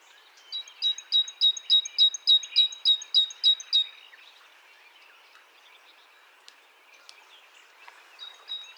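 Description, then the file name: Great tit calling in a quick, even series of about twelve sharp notes, then a pause and a brief resumption at the end. "Parus major"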